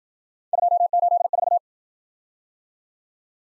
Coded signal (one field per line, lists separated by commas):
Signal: Morse code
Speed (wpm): 53 wpm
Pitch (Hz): 700 Hz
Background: none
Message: 284